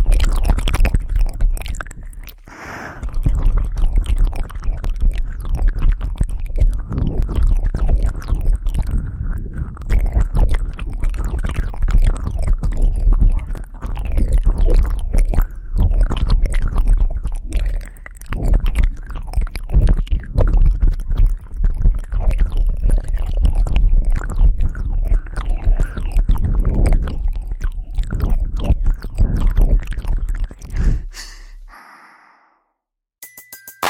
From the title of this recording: ASMR Ear Eating Tingles